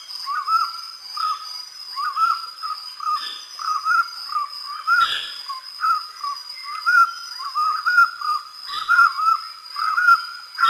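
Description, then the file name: Collared puffbird song, a long run of repeated paired notes, with a steady high whine behind. "Canto do rapazinho de colar"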